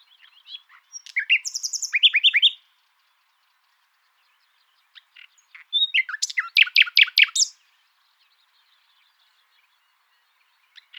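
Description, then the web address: Common nightingale singing two phrases of rapid repeated notes and chattering trills, separated by a quiet gap with faint soft ticks. "luscinia megarhynchos call"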